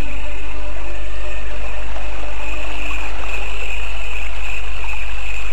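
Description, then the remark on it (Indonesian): A flowing river stream rushes and babbles steadily, a loud, unbroken wash of water noise with a faint high hiss running through it and no voices. “tiba-tiba ia bangkit dan berjalan ke sebuah sungai yang tak jauh dari tempat itu.”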